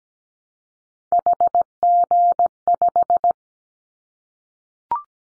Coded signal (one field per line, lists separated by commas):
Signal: Morse code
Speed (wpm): 17 wpm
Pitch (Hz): 700 Hz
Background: none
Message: HG5